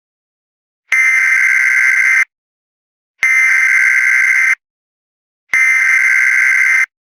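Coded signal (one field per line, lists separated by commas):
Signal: Emergency Alert System (SAME) tones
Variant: header bursts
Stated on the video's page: Fictional EAS scenario; tones may be valid or invalid.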